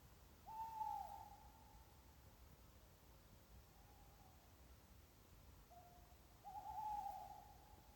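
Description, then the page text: Tawny owl hooting: a long wavering hoot, a fainter one midway, then a short note followed by another long quavering hoot, over a quiet hiss. Singing in the park of the castle of Amou, Chalosse, Béarn. "Cagèca (#Strix aluco) cantant dens lo parc deu casteth d'#Amor en #Shalòssa."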